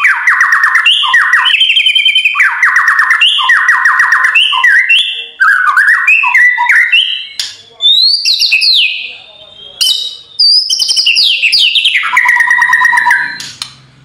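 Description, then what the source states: White-rumped shama delivering a continuous rolling song: repeated fluty whistles in rhythmic runs, sweeping high notes and rapid chattering trills. Masteran training full rolling (ngerol) song with shooting (nembak) notes, for teaching caged birds.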